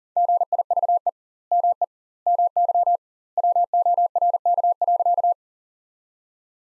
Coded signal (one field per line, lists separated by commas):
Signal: Morse code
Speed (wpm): 37 wpm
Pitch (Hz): 700 Hz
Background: none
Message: GIVE ME MY WORK.